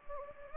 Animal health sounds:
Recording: mosquito wingbeat signal from an infrared sensor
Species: Anopheles gambiae

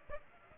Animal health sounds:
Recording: mosquito wingbeat signal from an infrared sensor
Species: Aedes aegypti

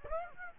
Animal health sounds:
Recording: mosquito wingbeat signal from an infrared sensor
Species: Aedes aegypti

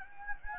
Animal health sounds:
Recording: mosquito wingbeat signal from an infrared sensor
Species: Anopheles gambiae

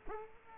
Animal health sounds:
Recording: mosquito wingbeat signal from an infrared sensor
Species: Culex quinquefasciatus

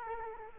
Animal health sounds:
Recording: mosquito wingbeat signal from an infrared sensor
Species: Culex quinquefasciatus

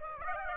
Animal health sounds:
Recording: mosquito wingbeat signal from an infrared sensor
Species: Aedes aegypti

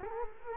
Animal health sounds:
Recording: mosquito wingbeat signal from an infrared sensor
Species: Culex quinquefasciatus

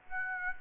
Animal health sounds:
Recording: mosquito wingbeat signal from an infrared sensor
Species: Aedes aegypti

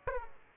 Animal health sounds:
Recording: mosquito wingbeat signal from an infrared sensor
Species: Aedes aegypti

